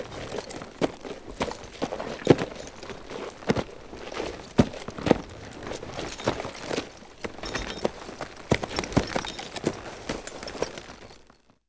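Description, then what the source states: Horse standing and waiting, with sharp clinking bridle sounds and soft shuffling hoof knocks scattered irregularly throughout. Horse waiting, with bridle movement.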